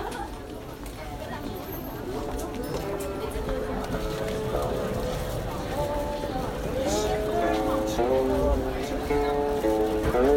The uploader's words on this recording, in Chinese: 声音来自南锣鼓巷。南锣鼓巷是一条胡同，位于北京中轴线东侧的交道口地区。